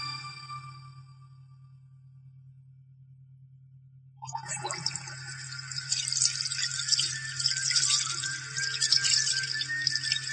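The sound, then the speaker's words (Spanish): A low steady hum plays alone for about four seconds, then a tap turns on and water runs in a continuous bright, splashing rush as hands are washed with soap beneath it. “Lavarse las manos con agua y jabón, hervir el agua, lavar las frutas y verduras y cocinar bien los alimentos son medidas higiénicas de ayer, de hoy”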